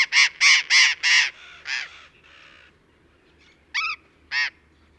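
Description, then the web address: Burrowing parrot giving harsh, grating screeches, four in quick succession, then two softer rasps and two sharper squawks after a pause. "parrots cyanoliseus-patagonus"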